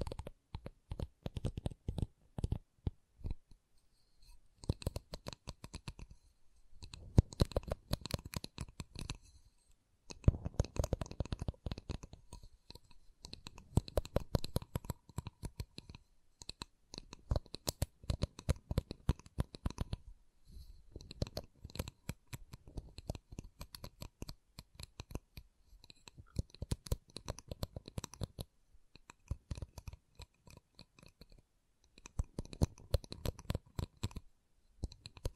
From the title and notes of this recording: ASMR Calming Wood Triggers for Sleep (No Talking).